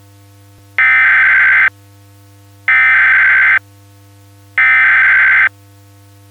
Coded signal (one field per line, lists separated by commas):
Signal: Emergency Alert System (SAME) tones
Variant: header bursts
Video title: EAS Scenario Christmas Special: Holiday Havoc